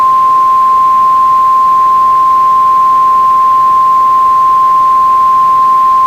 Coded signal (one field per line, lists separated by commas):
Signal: Emergency Alert System (SAME) tones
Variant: 1050 Hz attention tone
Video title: Real EAS #67 - Flash Flood Warning